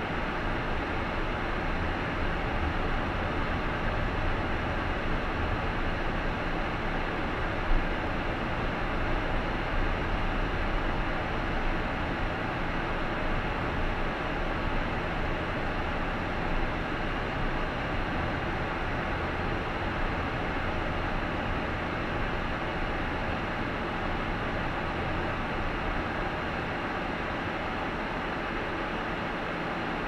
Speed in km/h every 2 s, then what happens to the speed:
19, 19, 20, 22, 23, 23, 20, 20, 20, 19, 18, 17, 16, 11, 6.
0-23 steady at about 20. 23-30 slows to 6.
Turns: 16-25.